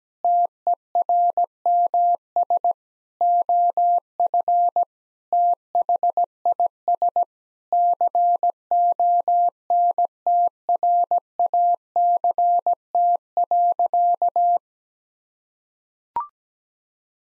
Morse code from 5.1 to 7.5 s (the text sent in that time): THIS